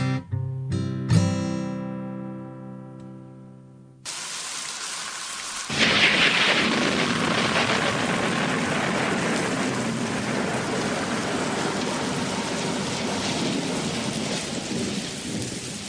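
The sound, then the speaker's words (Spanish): A sustained, harmonic musical chord gives way to a steady wash of heavy rain, a rain sound effect in the show's background music by a band, which swells louder after a couple of seconds and continues as a dense, even hiss with low rumbling underneath. “No crean que está lloviendo, es el efecto musical de nuestro fondo de con los compas de ….”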